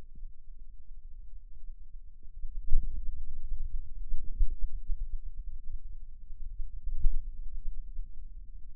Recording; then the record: forearm muscle sounds (acoustic myography)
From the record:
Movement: hand opening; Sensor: system 2, bracelet of six BSWA MPA416 microphones around the upper forearm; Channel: 5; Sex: male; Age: 22 years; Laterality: right